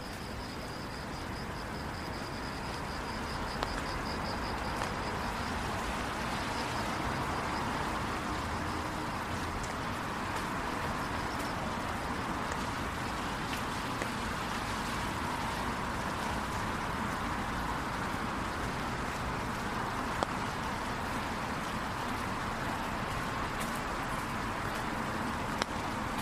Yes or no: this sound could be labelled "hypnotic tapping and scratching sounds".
no